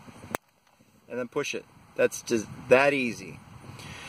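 A plastic push-pin fastener is pushed home into its hole in the interior trim bezel of a 2016 Mini Cooper during a secret compartment install. It gives one sharp, short click at 0.4 s as it seats and locks the bezel in place, and then someone talks.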